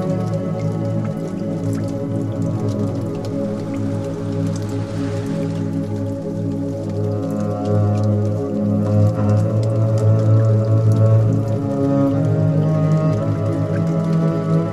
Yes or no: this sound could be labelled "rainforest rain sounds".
yes